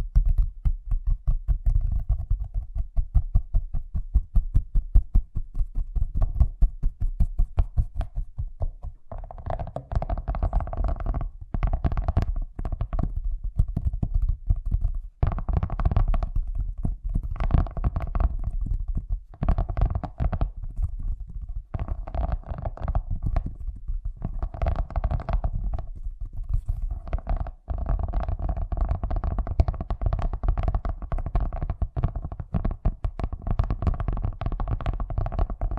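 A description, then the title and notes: Fast tapping runs throughout, a dense, rapid stream of small hits with a heavy low thump underneath. For the first nine seconds the taps are crisp and evenly spaced; afterward they blur into a thicker, rumbling flurry broken by brief pauses around 11, 15 and 27 seconds. ASMR Braingasm Inducing Fast Tapping (No Talking).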